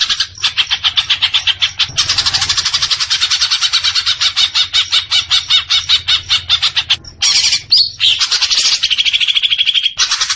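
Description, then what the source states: Leafbird song: a long, loud stream of rapid chattering and buzzy notes, nearly continuous, with brief pauses and a few sustained whistled phrases near the end. Singing actively (gacor).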